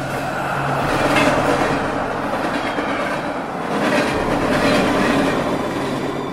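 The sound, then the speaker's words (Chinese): A train rolls along the tracks with a steady, loud rumble, its wheels clacking over rail joints in a loose rhythm, with faint metallic squeals underneath and no voices. “你试过搭过最迟的火车吗？成架列车如果只是剩下你一个，都真是挺恐怖的。”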